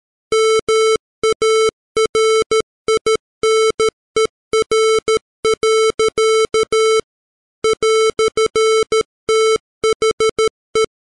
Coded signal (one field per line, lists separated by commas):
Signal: Morse code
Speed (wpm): 13 wpm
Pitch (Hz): 440 Hz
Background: music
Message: MARINER. "THE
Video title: The Rime Of The Ancient Mariner, Part 2, Morse Code